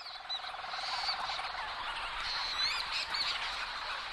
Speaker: And the leach's storm petrel is giving this more of a purring sound as they fly through the trees.